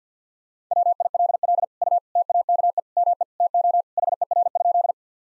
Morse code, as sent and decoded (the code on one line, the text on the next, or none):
.-- .. .-.. .-.. / ..- / - .- -.- . / -- . / - --- / .... . .-. ..--..
WILL U TAKE ME TO HER?